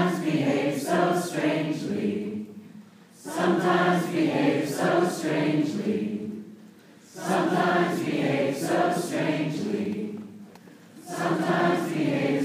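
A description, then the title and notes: A crowd of people sings together in unison, their voices forming sustained, overlapping tones in phrases about two to three seconds long. Brief quieter pauses fall between phrases near 2.5, 6.5 and 10.5 seconds. The sound is mid-range. The audience singing an ear worm moment during #TCconf at Norris University Center. Third Coast Festival people breaking out into song after Jad Abumbrad's talk.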